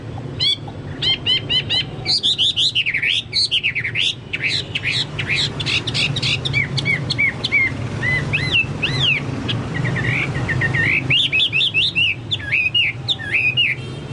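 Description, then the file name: Chinese hwamei singing long varied phrases of looping whistles and quick stutters, loud and nearly nonstop, over a low hum. "hwamei-2-omkicau"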